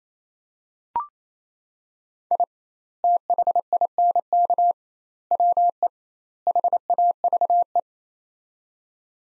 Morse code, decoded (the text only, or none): I THINK WE HAVE